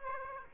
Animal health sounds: mosquito wingbeat signal from an infrared sensor; Aedes aegypti

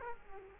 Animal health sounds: mosquito wingbeat signal from an infrared sensor; Culex quinquefasciatus

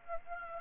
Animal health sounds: mosquito wingbeat signal from an infrared sensor; Aedes aegypti

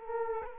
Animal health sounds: mosquito wingbeat signal from an infrared sensor; Culex quinquefasciatus

